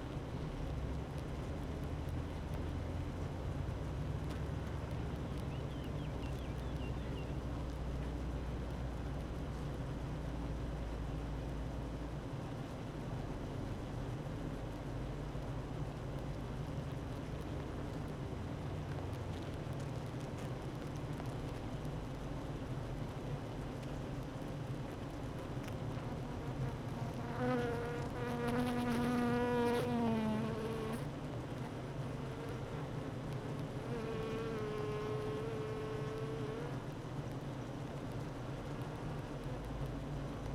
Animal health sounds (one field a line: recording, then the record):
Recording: honeybee colony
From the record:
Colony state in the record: active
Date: 12 June 2018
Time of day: 9:04